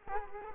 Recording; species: mosquito wingbeat signal from an infrared sensor; Culex quinquefasciatus